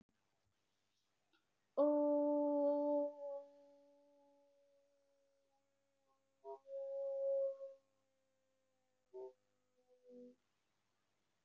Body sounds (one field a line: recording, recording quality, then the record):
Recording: sustained vowel as in boot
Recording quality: excellent, no background noise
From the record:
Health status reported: healthy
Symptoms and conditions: none ticked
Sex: female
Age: 27 years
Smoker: not ticked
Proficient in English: yes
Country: India